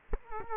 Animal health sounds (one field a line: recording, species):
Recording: mosquito wingbeat signal from an infrared sensor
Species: Culex quinquefasciatus